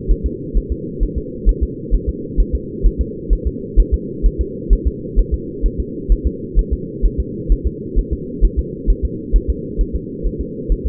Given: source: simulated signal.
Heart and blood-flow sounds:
fetal heart sounds
0.11 s: S1
0.26 s: S2
0.57 s: S1
0.72 s: S2
1.03 s: S1
1.18 s: S2
1.49 s: S1
1.63 s: S2
1.94 s: S1
2.09 s: S2
2.40 s: S1
2.55 s: S2
2.86 s: S1
3.01 s: S2
3.33 s: S1
3.47 s: S2
3.80 s: S1
3.94 s: S2
4.26 s: S1
4.41 s: S2
4.73 s: S1
4.87 s: S2
5.19 s: S1
5.34 s: S2
5.66 s: S1
5.80 s: S2
6.12 s: S1
6.27 s: S2
6.59 s: S1
6.73 s: S2
7.05 s: S1
7.20 s: S2
7.52 s: S1
7.67 s: S2
7.99 s: S1
8.13 s: S2
8.45 s: S1
8.59 s: S2
8.90 s: S1
9.05 s: S2
9.36 s: S1
9.50 s: S2
9.81 s: S1
9.96 s: S2
10.26 s: S1
10.41 s: S2
10.72 s: S1
10.87 s: S2
From the record:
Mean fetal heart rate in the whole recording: 130 bpm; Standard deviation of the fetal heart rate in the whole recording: 2 bpm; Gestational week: 36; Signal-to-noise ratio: -4.1 dB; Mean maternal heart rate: no maternal heart sound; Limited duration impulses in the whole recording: absent

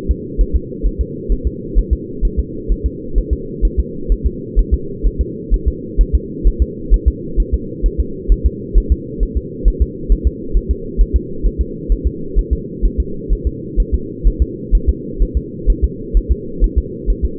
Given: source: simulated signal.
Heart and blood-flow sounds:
fetal heart sounds
0.11 s: S2
0.41 s: S1
0.56 s: S2
0.87 s: S1
1.01 s: S2
1.32 s: S1
1.47 s: S2
1.78 s: S1
1.93 s: S2
2.25 s: S1
2.39 s: S2
2.72 s: S1
2.86 s: S2
3.18 s: S1
3.33 s: S2
3.65 s: S1
3.80 s: S2
4.12 s: S1
4.27 s: S2
4.59 s: S1
4.74 s: S2
5.06 s: S1
5.21 s: S2
5.54 s: S1
5.68 s: S2
6.01 s: S1
6.15 s: S2
6.47 s: S1
6.62 s: S2
6.94 s: S1
7.08 s: S2
7.40 s: S1
7.54 s: S2
7.86 s: S1
8.00 s: S2
8.32 s: S1
8.46 s: S2
8.78 s: S1
8.92 s: S2
9.23 s: S1
9.37 s: S2
9.68 s: S1
9.82 s: S2
10.12 s: S1
10.27 s: S2
10.57 s: S1
10.71 s: S2
11.01 s: S1
11.16 s: S2
11.46 s: S1
11.61 s: S2
11.92 s: S1
12.07 s: S2
12.39 s: S1
12.53 s: S2
12.85 s: S1
13.00 s: S2
13.33 s: S1
13.47 s: S2
13.80 s: S1
13.94 s: S2
14.27 s: S1
14.42 s: S2
14.75 s: S1
14.89 s: S2
15.22 s: S1
15.37 s: S2
15.70 s: S1
15.84 s: S2
16.17 s: S1
16.31 s: S2
16.64 s: S1
16.78 s: S2
17.10 s: S1
17.25 s: S2
From the record:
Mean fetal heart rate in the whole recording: 130 bpm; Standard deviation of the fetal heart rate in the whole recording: 2 bpm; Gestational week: 36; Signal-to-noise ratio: -4.3 dB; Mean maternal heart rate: 72 bpm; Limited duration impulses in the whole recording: absent

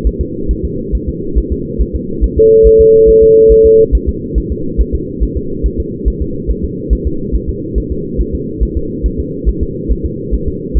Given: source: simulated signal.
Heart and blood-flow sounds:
fetal heart sounds
0.07 s: S1
0.21 s: S2
0.51 s: S1
0.65 s: S2
0.95 s: S1
1.09 s: S2
1.38 s: S1
1.52 s: S2
1.81 s: S1
1.95 s: S2
2.24 s: S1
2.38 s: S2
2.67 s: S1
2.81 s: S2
3.09 s: S1
3.23 s: S2
3.52 s: S1
3.66 s: S2
3.95 s: S1
4.09 s: S2
4.38 s: S1
4.52 s: S2
4.81 s: S1
4.95 s: S2
5.23 s: S1
5.37 s: S2
5.66 s: S1
5.80 s: S2
6.08 s: S1
6.22 s: S2
6.50 s: S1
6.65 s: S2
6.93 s: S1
7.07 s: S2
7.35 s: S1
7.50 s: S2
7.78 s: S1
7.92 s: S2
8.21 s: S1
8.35 s: S2
8.63 s: S1
8.77 s: S2
9.06 s: S1
9.20 s: S2
9.49 s: S1
9.63 s: S2
9.91 s: S1
10.06 s: S2
10.34 s: S1
10.48 s: S2
10.78 s: S1
From the record:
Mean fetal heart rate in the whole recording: 140 bpm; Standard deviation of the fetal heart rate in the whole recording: 2 bpm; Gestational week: 34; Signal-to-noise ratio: -6.6 dB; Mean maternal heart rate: 72 bpm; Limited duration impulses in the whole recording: present

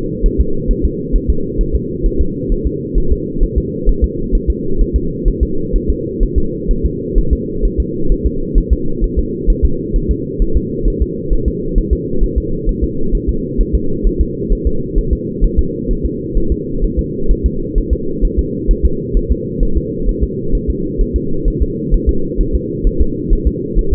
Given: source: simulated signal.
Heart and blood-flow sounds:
fetal heart sounds
0.26 s: S1
0.41 s: S2
0.71 s: S1
0.85 s: S2
1.16 s: S1
1.30 s: S2
1.61 s: S1
1.75 s: S2
2.06 s: S1
2.21 s: S2
2.52 s: S1
2.67 s: S2
2.98 s: S1
3.12 s: S2
3.44 s: S1
3.58 s: S2
3.89 s: S1
4.04 s: S2
4.35 s: S1
4.50 s: S2
4.82 s: S1
4.96 s: S2
5.28 s: S1
5.43 s: S2
5.76 s: S1
5.90 s: S2
6.23 s: S1
6.38 s: S2
6.71 s: S1
6.86 s: S2
7.18 s: S1
7.33 s: S2
7.65 s: S1
7.80 s: S2
8.12 s: S1
8.26 s: S2
8.58 s: S1
8.73 s: S2
9.04 s: S1
9.19 s: S2
9.50 s: S1
9.65 s: S2
9.96 s: S1
10.11 s: S2
10.42 s: S1
10.57 s: S2
10.88 s: S1
11.02 s: S2
11.33 s: S1
11.48 s: S2
11.78 s: S1
11.93 s: S2
12.24 s: S1
12.38 s: S2
12.69 s: S1
12.84 s: S2
13.15 s: S1
13.29 s: S2
13.61 s: S1
13.75 s: S2
14.07 s: S1
14.21 s: S2
14.52 s: S1
14.67 s: S2
14.98 s: S1
15.13 s: S2
15.45 s: S1
15.59 s: S2
15.91 s: S1
16.05 s: S2
16.38 s: S1
16.52 s: S2
16.84 s: S1
16.99 s: S2
17.31 s: S1
17.46 s: S2
17.78 s: S1
17.93 s: S2
18.25 s: S1
18.39 s: S2
18.71 s: S1
18.86 s: S2
19.17 s: S1
19.31 s: S2
19.63 s: S1
19.77 s: S2
20.09 s: S1
20.23 s: S2
20.55 s: S1
20.70 s: S2
21.01 s: S1
21.16 s: S2
21.48 s: S1
21.62 s: S2
21.94 s: S1
22.09 s: S2
22.41 s: S1
22.55 s: S2
22.87 s: S1
23.01 s: S2
23.33 s: S1
23.47 s: S2
23.79 s: S1
23.93 s: S2
From the record:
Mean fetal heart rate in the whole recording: 130 bpm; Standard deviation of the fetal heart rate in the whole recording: 2 bpm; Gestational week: 38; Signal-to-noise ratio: -8.1 dB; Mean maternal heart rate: 72 bpm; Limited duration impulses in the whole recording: absent

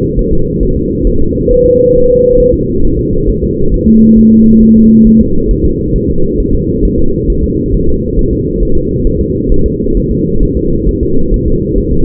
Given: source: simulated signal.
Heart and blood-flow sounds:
fetal heart sounds
0.19 s: S1
0.33 s: S2
0.63 s: S1
0.77 s: S2
1.07 s: S1
1.21 s: S2
1.51 s: S1
1.66 s: S2
1.96 s: S1
2.10 s: S2
2.40 s: S1
2.54 s: S2
2.85 s: S1
2.99 s: S2
3.29 s: S1
3.44 s: S2
3.74 s: S1
3.88 s: S2
4.19 s: S1
4.33 s: S2
4.63 s: S1
4.77 s: S2
5.07 s: S1
5.21 s: S2
5.51 s: S1
5.65 s: S2
5.96 s: S1
6.10 s: S2
6.40 s: S1
6.55 s: S2
6.85 s: S1
6.99 s: S2
7.30 s: S1
7.44 s: S2
7.75 s: S1
7.89 s: S2
8.19 s: S1
8.33 s: S2
8.63 s: S1
8.77 s: S2
9.07 s: S1
9.21 s: S2
9.52 s: S1
9.66 s: S2
9.97 s: S1
10.11 s: S2
10.43 s: S1
10.57 s: S2
10.89 s: S1
11.03 s: S2
11.34 s: S1
11.48 s: S2
11.78 s: S1
11.93 s: S2
From the record:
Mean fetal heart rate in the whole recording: 135 bpm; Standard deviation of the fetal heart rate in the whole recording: 3 bpm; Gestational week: 36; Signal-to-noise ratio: -17.7 dB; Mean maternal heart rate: 72 bpm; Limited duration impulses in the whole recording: present

